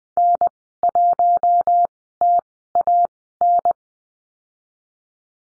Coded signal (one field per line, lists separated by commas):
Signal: Morse code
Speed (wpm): 20 wpm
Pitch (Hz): 700 Hz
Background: none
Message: N1TAN